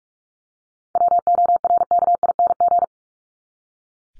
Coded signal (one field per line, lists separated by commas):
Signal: Morse code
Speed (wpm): 44 wpm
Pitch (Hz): 700 Hz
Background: none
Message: WORKING